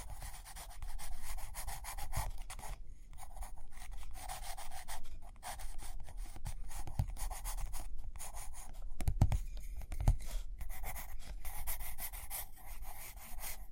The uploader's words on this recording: Page Turning and Tapping, Writing, Drawing.